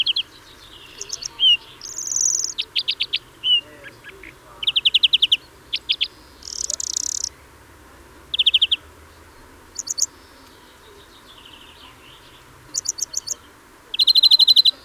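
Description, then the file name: European greenfinch twittering in quick trilled bursts with a few high, sharp notes and gaps between them. "Chloris chloris"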